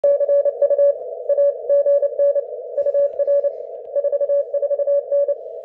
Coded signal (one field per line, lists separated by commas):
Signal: Morse code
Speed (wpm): 26 wpm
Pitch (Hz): 570 Hz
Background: none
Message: CU AGN UR 44N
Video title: QSO with JM7OLW - this time on 15m wtih the phased verticals